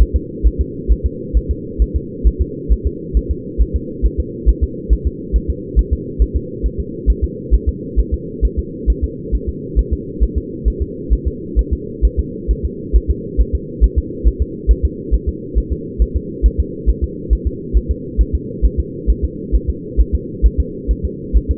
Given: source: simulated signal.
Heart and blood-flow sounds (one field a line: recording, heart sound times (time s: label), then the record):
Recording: fetal heart sounds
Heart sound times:
0.02 s: S1
0.16 s: S2
0.47 s: S1
0.61 s: S2
0.92 s: S1
1.06 s: S2
1.37 s: S1
1.51 s: S2
1.82 s: S1
1.96 s: S2
2.27 s: S1
2.42 s: S2
2.72 s: S1
2.87 s: S2
3.17 s: S1
3.31 s: S2
3.61 s: S1
3.76 s: S2
4.06 s: S1
4.20 s: S2
4.49 s: S1
4.64 s: S2
4.93 s: S1
5.07 s: S2
5.36 s: S1
5.50 s: S2
5.79 s: S1
5.93 s: S2
6.22 s: S1
6.36 s: S2
6.66 s: S1
6.80 s: S2
7.10 s: S1
7.24 s: S2
7.54 s: S1
7.69 s: S2
7.99 s: S1
8.14 s: S2
8.45 s: S1
8.59 s: S2
8.90 s: S1
9.04 s: S2
9.35 s: S1
9.49 s: S2
9.79 s: S1
9.93 s: S2
10.23 s: S1
10.38 s: S2
10.68 s: S1
10.82 s: S2
11.13 s: S1
11.28 s: S2
11.59 s: S1
11.73 s: S2
12.05 s: S1
12.20 s: S2
12.51 s: S1
12.65 s: S2
12.96 s: S1
13.11 s: S2
13.41 s: S1
13.55 s: S2
13.84 s: S1
13.98 s: S2
14.27 s: S1
14.42 s: S2
14.71 s: S1
14.85 s: S2
15.14 s: S1
15.29 s: S2
15.58 s: S1
15.72 s: S2
16.02 s: S1
16.16 s: S2
16.46 s: S1
16.60 s: S2
16.89 s: S1
17.04 s: S2
17.33 s: S1
17.47 s: S2
17.77 s: S1
17.91 s: S2
18.21 s: S1
18.35 s: S2
18.65 s: S1
18.80 s: S2
19.10 s: S1
19.25 s: S2
19.55 s: S1
19.70 s: S2
20.00 s: S1
20.15 s: S2
20.46 s: S1
20.60 s: S2
20.91 s: S1
21.05 s: S2
21.37 s: S1
21.51 s: S2
From the record:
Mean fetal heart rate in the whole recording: 135 bpm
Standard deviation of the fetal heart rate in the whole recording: 3 bpm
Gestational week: 34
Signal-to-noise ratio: -4.1 dB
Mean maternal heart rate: no maternal heart sound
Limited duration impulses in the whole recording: absent